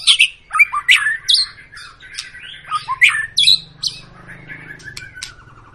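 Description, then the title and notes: White-rumped shama song, a rich jumble of sharp whistles, chirps and harsh notes in quick bursts, fading into softer twitters near the end. Long lure song of a white-rumped shama in full, continuous song, used to make other birds sing. "Pancingan Murai Batu Gacor Panjang. muraiku"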